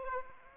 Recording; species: mosquito wingbeat signal from an infrared sensor; Aedes aegypti